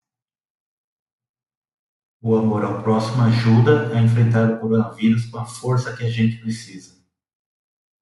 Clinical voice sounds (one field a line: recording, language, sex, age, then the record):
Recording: spoken sentence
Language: Brazilian Portuguese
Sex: male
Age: 40 to 49 years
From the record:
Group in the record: control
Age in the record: 42 years